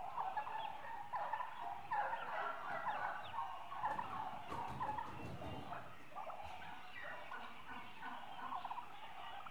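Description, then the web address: A turkey flock chattering continuously at low level, with overlapping soft clucks and yelps and a faint low rumble beneath. A group of eight-month-old domestic turkeys, mostly hens, recorded as livestock. "BBC Sound Effects Library BBC 35-Livestock 2 8 Month Old Turkeys- Mostly Hens"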